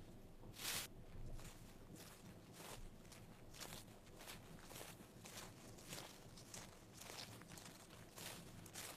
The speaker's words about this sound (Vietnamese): Bỗng nhiên bên tai của lão vang lên tiếng bước chân chậm chậm đang tiến lại nơi này.